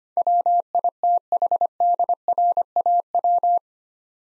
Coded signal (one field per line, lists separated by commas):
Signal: Morse code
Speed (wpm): 25 wpm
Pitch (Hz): 700 Hz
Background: none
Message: WITHDRAW